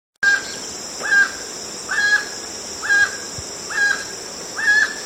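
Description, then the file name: Emerald toucanet calling with rough, nasal croaks spaced roughly one second apart, six notes, over a continuous high buzz. "Canto do tucaninho verde"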